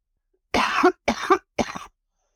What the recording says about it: East Palestine resident and community organizer. A Suffolk Northern train carrying toxic chemicals derailed in East Palestine, Ohio, and residents are still recovering from the disaster over two months later. My coughing fit's gone. It's after being in town for a couple of days. My voice is so, you can hear how hoarse I am.